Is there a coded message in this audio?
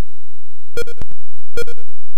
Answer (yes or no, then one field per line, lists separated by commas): no